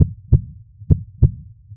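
Deep, muffled thumps from an adult heart come in regular lub-dub pairs, with a short gap inside each pair and a longer pause between beats, at about 65 to 70 beats a minute. This is a steady, regular heartbeat.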